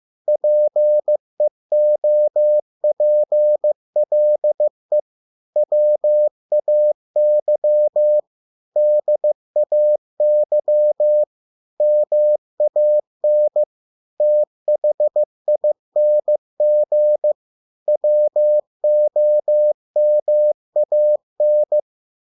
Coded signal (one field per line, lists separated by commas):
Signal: Morse code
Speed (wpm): 15 wpm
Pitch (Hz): 600 Hz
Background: none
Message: PEOPLE WAY DAY MAN THING WOMAN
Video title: 100 words 15 WPM (Morse code practice)